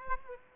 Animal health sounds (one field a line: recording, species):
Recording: mosquito wingbeat signal from an infrared sensor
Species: Aedes aegypti